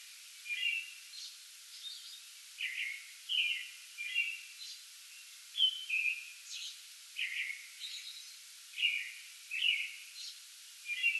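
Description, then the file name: American robin song: a steady string of short, clear whistled caroling phrases over faint steady hiss. Pre-dawn song bout recorded 8 May 2022. "2022-05-08 American Robin pre-dawn song bout"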